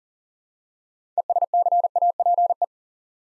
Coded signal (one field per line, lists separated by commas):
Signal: Morse code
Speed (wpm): 38 wpm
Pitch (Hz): 700 Hz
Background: none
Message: ESCAPE